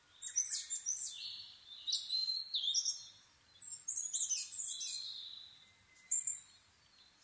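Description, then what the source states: Asian brown flycatcher song, a near-continuous run of high, squeaky, varied twittering phrases, pausing only briefly. Nikko, Japan, 26 April 2011 at 4:39, 730 m altitude; recorded on a Sony PCM-D50 with Panasonic WM-61A microphone.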